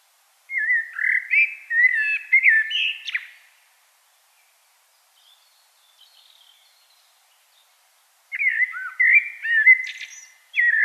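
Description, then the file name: Common blackbird song: a mellow warbled phrase finishing in a sharp high squeak, a pause with faint twittering, then another fluted phrase. "Turdus merula"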